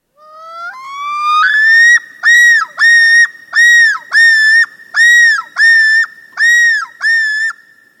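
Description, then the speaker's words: Common loon yodel, a loud rising wail that climbs in steps, then breaks into a series of about eight repeated two-part ringing notes, clear and strong. Yodel call given by a male on its breeding territory; heard on northern lakes in summer in Alaska, Canada, northern Minnesota and New England. "This yodel call is given by a male on its breeding territory."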